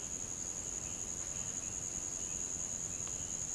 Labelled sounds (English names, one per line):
none